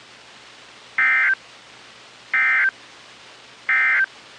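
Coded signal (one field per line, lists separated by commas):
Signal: Emergency Alert System (SAME) tones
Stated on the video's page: Severe storm and tornado warnings received from NOAA Weather Radio stations in Kentucky, Tennessee and Indiana.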